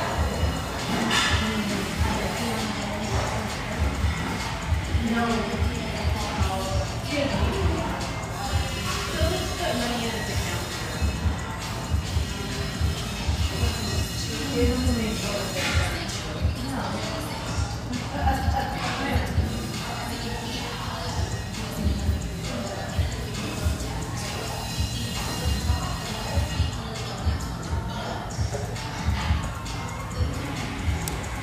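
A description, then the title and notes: Café ambience with upbeat music and steady chatter, a low hum underneath and frequent small clatters of dishes scattered throughout. Musical, upbeat vibe of this café with a view, located in a high rise.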